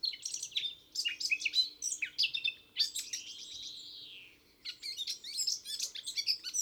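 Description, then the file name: Eurasian blackcap song: dense chattering warble interrupted by one long, smooth whistle that rises then falls, before the rapid notes resume. "Sylvia atricapilla"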